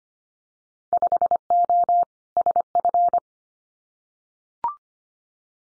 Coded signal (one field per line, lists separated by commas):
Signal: Morse code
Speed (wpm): 25 wpm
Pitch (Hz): 700 Hz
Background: none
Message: 5O SF